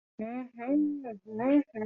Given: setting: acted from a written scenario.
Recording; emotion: vocal sound without words; realization